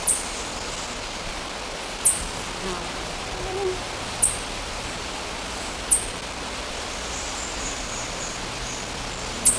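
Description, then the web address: Golden-collared Honeycreeper calls: very high, thin, sharp notes repeated every few seconds over a steady background hiss. Ecuador. "Birds of Ecuador. Golden-Collared Honeycreeper"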